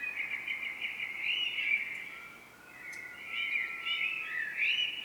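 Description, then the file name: Common blackbird song, fluty warbled phrases, one running about two seconds, a short pause, then another with squeakier twists. "Turdus merula"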